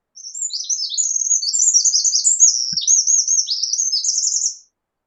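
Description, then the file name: Eurasian wren song, a brisk stream of sharp twittering notes with several rolling trills, ending in a rattling flourish after about four seconds; a faint soft thump midway. "Troglodytes troglodytes"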